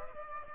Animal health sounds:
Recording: mosquito wingbeat signal from an infrared sensor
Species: Aedes aegypti

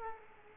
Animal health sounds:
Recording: mosquito wingbeat signal from an infrared sensor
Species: Culex quinquefasciatus

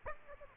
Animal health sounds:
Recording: mosquito wingbeat signal from an infrared sensor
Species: Aedes aegypti

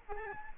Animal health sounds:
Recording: mosquito wingbeat signal from an infrared sensor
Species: Aedes albopictus

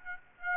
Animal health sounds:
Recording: mosquito wingbeat signal from an infrared sensor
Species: Aedes aegypti

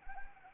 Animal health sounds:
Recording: mosquito wingbeat signal from an infrared sensor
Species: Anopheles arabiensis

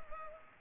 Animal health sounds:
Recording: mosquito wingbeat signal from an infrared sensor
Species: Culex pipiens

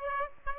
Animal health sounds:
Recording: mosquito wingbeat signal from an infrared sensor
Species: Aedes aegypti

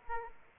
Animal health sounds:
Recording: mosquito wingbeat signal from an infrared sensor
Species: Aedes aegypti

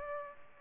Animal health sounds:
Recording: mosquito wingbeat signal from an infrared sensor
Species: Culex pipiens

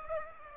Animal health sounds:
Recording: mosquito wingbeat signal from an infrared sensor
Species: Aedes aegypti

